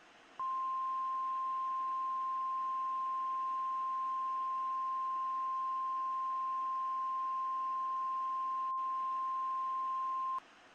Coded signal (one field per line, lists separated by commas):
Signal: Emergency Alert System (SAME) tones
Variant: 1050 Hz attention tone